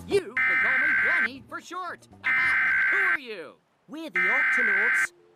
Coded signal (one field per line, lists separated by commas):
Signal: Emergency Alert System (SAME) tones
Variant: header bursts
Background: speech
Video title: EAS Remake 05/03/21 Tornado Warning during the Octonauts